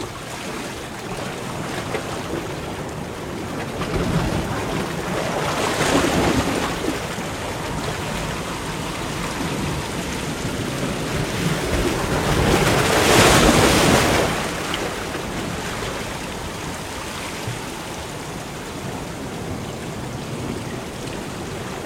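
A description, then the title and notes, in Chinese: A mountain stream rushes continuously, a dense, steady wash of water with a bright hiss across the top. The flow swells louder around 6 seconds and again between about 12 and 14 seconds before settling back to an even churn. 大自然的声音-山涧溪流声。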